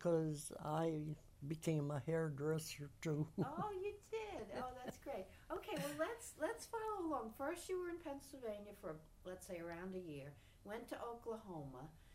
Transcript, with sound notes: Because I became a hairdresser too.
Oh, you did. That's great. (laughs) Well, let's follow along. First you were in Pennsylvania for let's say around a year, went to Oklahoma.